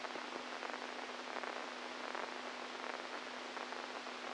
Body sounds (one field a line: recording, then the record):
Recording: brain microelectrode recording played as sound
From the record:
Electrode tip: inside the subthalamic nucleus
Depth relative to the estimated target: -1 mm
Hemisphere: right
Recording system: NeuroSet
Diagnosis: Parkinson's disease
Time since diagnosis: 10 years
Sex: male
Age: 65 years